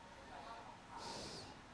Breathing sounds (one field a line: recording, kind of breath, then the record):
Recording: one breath in and out by a microphone near the nose and mouth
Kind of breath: normal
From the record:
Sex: male